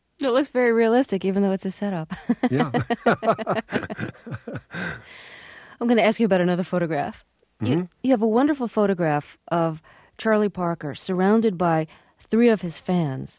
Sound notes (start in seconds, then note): 2.1 soundbite of laughter; 6.0 soundbite of laughter